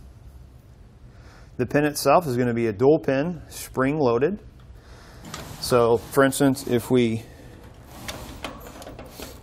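Someone talks while an Ark Xtreme off-road swivel trailer jack with 2 wheels is moved by hand with its dual spring-loaded swivel lock pin disengaged from the mounting bracket holes. Brief metallic handling knocks are heard around 5.3 s and again from 8.5 to 9.0 s. The pin has not locked into place yet.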